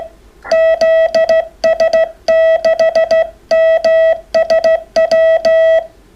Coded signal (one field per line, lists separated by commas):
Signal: Morse code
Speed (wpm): 15 wpm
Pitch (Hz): 650 Hz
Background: none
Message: ZS6MSW